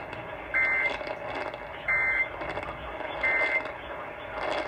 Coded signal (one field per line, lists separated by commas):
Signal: Emergency Alert System (SAME) tones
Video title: Marginal risk from 7/1/20 EAS# 109-118